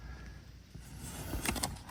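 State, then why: Not seated. A plastic dashboard trim piece around the HVAC controls is handled and pressed toward its place in a GR Corolla dashboard. A low background rumble gives way to rustling plastic contact, with two short sharp taps near the end. The part is not yet home, and nothing has seated or clicked yet.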